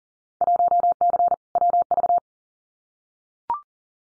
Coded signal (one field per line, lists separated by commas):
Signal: Morse code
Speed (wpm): 39 wpm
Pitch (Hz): 700 Hz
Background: none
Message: 1C WV